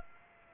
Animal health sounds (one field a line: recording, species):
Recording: mosquito wingbeat signal from an infrared sensor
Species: Aedes aegypti